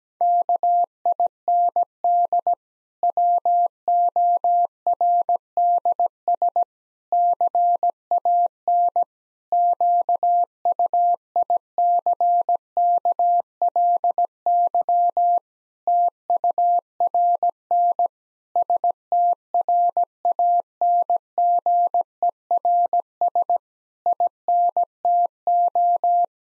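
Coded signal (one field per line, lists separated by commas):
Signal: Morse code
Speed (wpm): 17 wpm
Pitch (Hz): 700 Hz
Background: none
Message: KIND WORDS CAN QUICKLY TURN STRANGERS INTO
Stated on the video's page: Morse practice sentences at 17 wpm with contextual hints.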